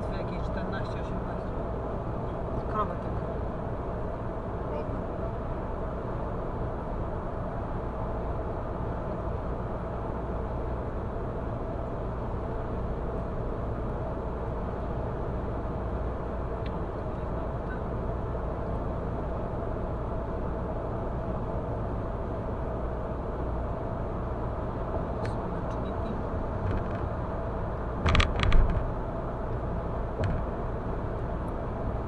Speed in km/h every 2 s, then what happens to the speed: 105, 105, 105, 105, 105, 105, 105, 105, 105, 105, 105, 105, 105, 105, 105, 105.
0-32 steady at about 105.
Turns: none.